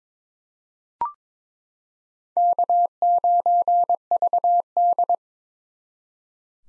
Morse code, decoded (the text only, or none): K9VD